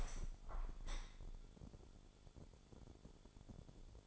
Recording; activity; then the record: daily activity, microphone in the room; open window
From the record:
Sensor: 5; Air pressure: 1015.0 hPa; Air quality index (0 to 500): 96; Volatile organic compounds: 2 ppm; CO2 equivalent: 1026 ppm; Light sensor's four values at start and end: 35/80/32/31 and 35/80/32/31